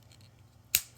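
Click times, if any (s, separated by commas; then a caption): 0.8 s. A plastic leg is pushed harder onto the hip joint of a Transformers Yolopark AMK Mini Series figure model kit until it snaps into place. After a few faint ticks, one sharp, bright snap is heard at 0.8 s, and it shows the leg is seated on the joint.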